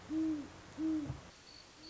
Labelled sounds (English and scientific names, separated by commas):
Great Horned Owl (Bubo virginianus)